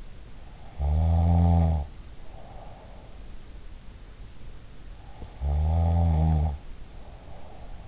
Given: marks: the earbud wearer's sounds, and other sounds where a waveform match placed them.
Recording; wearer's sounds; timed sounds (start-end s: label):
sounds in sleep by an in-ear microphone; snoring breath
0.58-3.46 s: snoring breath
5.07-7.87 s: snoring breath